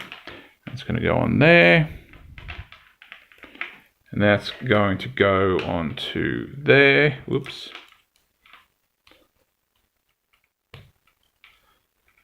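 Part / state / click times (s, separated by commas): plastic brick piece onto a toy robot's axe accessory / seated / 10.7 s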